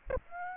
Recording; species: mosquito wingbeat signal from an infrared sensor; Aedes aegypti